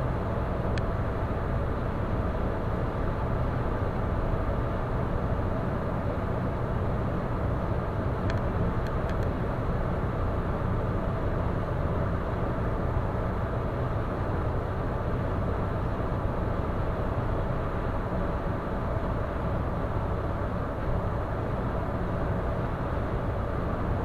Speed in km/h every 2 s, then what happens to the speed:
109, 109, 109, 109, 109, 109, 110, 110, 110, 110, 110, 110.
0-24 steady at about 109.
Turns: none.